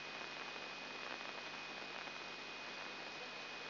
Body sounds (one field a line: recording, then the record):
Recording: brain microelectrode recording played as sound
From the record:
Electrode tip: inside the subthalamic nucleus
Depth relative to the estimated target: 1 mm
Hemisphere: left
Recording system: AlphaMap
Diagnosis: Parkinson's disease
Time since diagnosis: 8 years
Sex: female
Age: 37 years